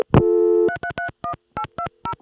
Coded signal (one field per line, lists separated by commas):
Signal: DTMF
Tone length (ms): 90 ms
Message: 3331820